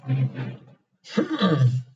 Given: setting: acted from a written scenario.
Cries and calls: vocal sound without words; guilt

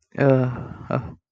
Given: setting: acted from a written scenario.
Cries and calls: vocal sound without words; serenity

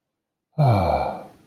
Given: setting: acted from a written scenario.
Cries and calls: vocal sound without words; contentment

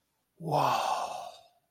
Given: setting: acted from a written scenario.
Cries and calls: vocal sound without words; desire

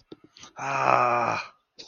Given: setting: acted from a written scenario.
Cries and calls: vocal sound without words; distress

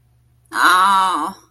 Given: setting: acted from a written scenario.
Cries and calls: vocal sound without words; pain

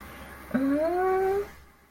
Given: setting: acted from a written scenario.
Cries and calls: vocal sound without words; romantic love

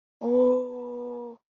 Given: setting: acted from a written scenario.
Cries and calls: vocal sound without words; triumph

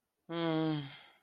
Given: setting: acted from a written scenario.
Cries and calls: vocal sound without words; guilt

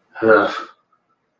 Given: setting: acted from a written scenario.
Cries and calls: vocal sound without words; contempt

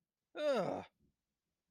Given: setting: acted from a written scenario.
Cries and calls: vocal sound without words; negative surprise

